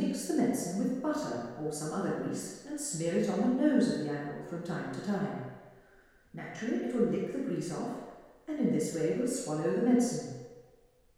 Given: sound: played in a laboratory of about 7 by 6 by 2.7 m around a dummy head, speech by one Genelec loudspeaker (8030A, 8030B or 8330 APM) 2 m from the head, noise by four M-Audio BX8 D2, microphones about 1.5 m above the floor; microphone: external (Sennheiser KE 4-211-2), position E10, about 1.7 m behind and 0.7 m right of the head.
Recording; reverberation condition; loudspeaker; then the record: female speech in English; high; 150 degrees to the left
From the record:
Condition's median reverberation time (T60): about 1300 ms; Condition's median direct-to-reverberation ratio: about -4.0 dB